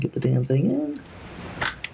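While reassembling an HP Pavilion G7 laptop, someone talks while struggling to push a small cable part with a little retaining clip into its connector slot, with a brief scraping rustle near 1.6 seconds. A single sharp click at 1.8 seconds marks the clip seating in the connector.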